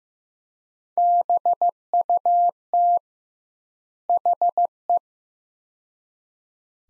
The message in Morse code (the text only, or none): BUT HE